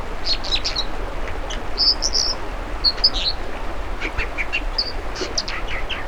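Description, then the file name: American dipper calls: sharp, high, buzzy notes given singly and in short clusters throughout, over a steady rushing background noise. "American Dipper Cinclus mexicanus"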